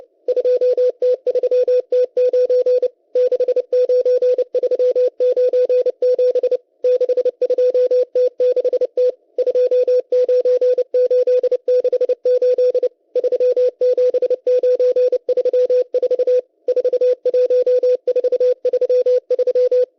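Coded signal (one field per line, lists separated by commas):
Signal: Morse code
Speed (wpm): 29 wpm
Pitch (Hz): 500 Hz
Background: none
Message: 2T3T9 69397 62T6T 29868 37934 41433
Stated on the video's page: Russian M12 number station sending Morse numbers on 11139 kHz, received via KiwiSDR.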